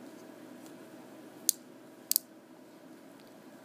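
A plastic Transformers Bot Shot toy figure's spring launcher mechanism is wound around until it clicks into its reset position. Sharp plastic clicks are heard at 1.5 s, 2.1 s and 2.2 s over a steady low background hiss. The mechanism seats and is set.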